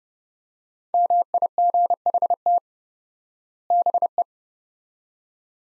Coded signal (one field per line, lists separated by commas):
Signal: Morse code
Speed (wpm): 30 wpm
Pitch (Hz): 700 Hz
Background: none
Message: MIGHT BE